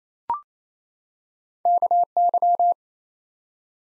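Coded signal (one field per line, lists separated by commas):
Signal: Morse code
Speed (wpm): 27 wpm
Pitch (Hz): 700 Hz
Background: none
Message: KY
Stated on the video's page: Morse practice at 28 wpm: ARRL sections and DX as used in Field Day contest exchanges, each sent twice for head-copy.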